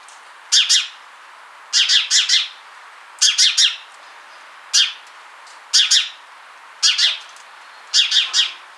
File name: Passer domesticus